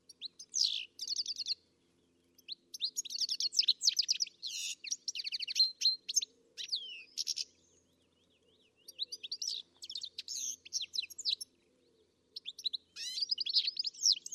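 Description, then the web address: Bird twittering in long, fast sequences of high, tightly repeated chirps, with short silences between bouts. "Deverinetal. Bird Only"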